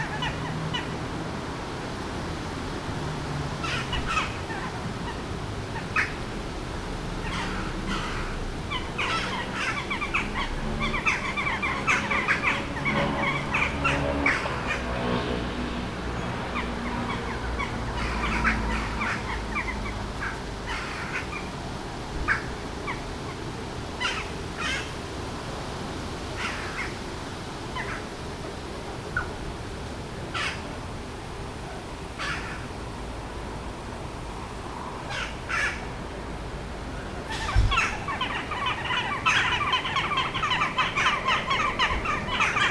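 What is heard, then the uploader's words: Birds call across an outdoor scene, with short bright chirps and squawks scattered throughout and a busier cluster of calls near the end. A steady low rumble underlies everything, rising and falling in pitch around the middle like a passing engine. Birds of Llanelli.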